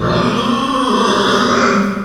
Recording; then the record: squeal of a Yucatan mini pig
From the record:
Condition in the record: after surgery on the right vocal fold (resection and tissue-engineered implant); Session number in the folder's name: 15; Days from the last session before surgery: 175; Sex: female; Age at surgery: 19 weeks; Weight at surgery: 25 kg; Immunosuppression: prednisolone